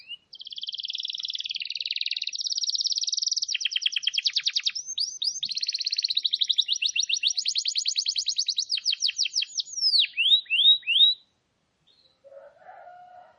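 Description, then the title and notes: Canary song: buzzy trills alternating with rapid clicking notes, then a few downslurred whistles before stopping, followed by a brief faint sound. Lure recording. "Pikat Burung. kenari"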